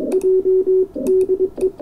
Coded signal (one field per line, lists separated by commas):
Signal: Morse code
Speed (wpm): 21 wpm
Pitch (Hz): 380 Hz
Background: none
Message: J DE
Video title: EI2KC hacksaw blade key Mark II test